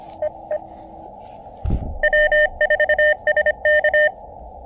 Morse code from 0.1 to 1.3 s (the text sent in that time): EE